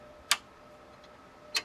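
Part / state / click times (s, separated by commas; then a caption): graphics card into motherboard PCIe slot / seated / 0.3 s. A graphics card is pressed with a little pressure into the PCI Express slot on a motherboard until the slot's retention latch gives a sharp click at 0.3 s, confirming the card is seated. A second, softer click follows at 1.6 s over a faint steady background hum.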